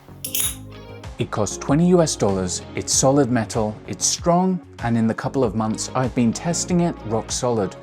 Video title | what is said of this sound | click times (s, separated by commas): Best $20 iPhone Accessory to Protect Your Camera Lens from Scratches 🔥 | And it snaps on with a super satisfying click. | 0.2 s